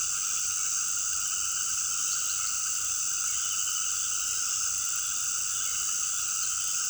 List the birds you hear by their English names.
none